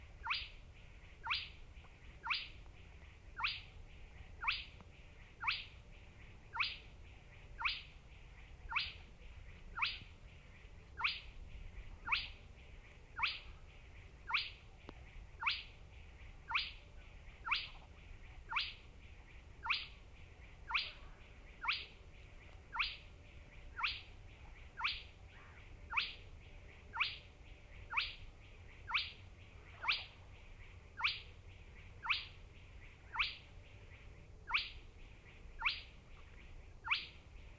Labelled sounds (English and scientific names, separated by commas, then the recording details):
Spotted Crake (Porzana porzana) song
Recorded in the wild
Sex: male
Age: adult
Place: Schwedt/Oder, Nationalpark Unteres Odertal, Brandenburg, DE
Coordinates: 53.1325, 14.353
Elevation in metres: 1
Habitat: wetland
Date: 2015-04-21 22:03
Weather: clear, 8°C, almost windless
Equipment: Sound Devices 702, Sennheiser MKH 70, Rycote Windschutz
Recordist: Frommolt, Karl-Heinz